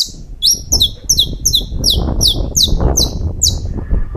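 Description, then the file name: Saffron finch singing a rapid run of bright, high chirps that slide downward, over steady low background rumble. "Canto-do-Canário-da-Terra"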